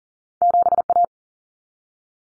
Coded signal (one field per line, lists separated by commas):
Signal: Morse code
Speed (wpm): 40 wpm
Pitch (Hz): 700 Hz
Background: none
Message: 7A